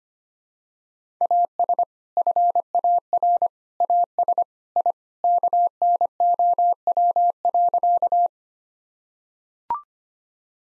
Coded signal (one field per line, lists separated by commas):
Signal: Morse code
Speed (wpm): 25 wpm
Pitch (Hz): 700 Hz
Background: none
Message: AS FAR AS I KNOW.